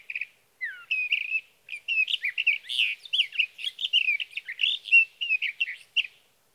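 Sage thrasher delivering a rapid, rambling warble: a quick trill, a descending slurred note, then several seconds of varied run-together whistled phrases.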